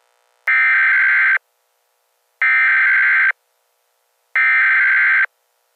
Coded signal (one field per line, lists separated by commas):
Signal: Emergency Alert System (SAME) tones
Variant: header bursts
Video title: EAS Emergency Alert System - Possessor Attack